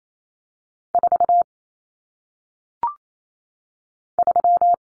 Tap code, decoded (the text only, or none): none